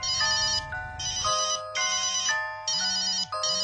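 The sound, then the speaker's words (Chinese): A home telephone rings again in repeated bursts as a man lies on his bed: a bright electronic warble with short gaps between each ring, steady and fairly loud with no voices. “正谂住嗱嗱声瞓啦， 但系嗰啲令佢心烦嘅电话声又响。”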